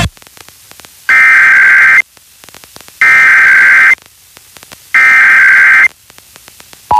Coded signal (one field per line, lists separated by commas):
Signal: Emergency Alert System (SAME) tones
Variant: header bursts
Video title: Pennsylvania Required Monthly Tests (4/21/22)(EAS 1153-1162)